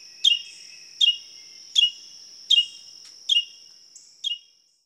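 Carolina wren song, a steady series of bright, downslurred whistled notes repeated about every three-quarters of a second over a thin, constant high hiss.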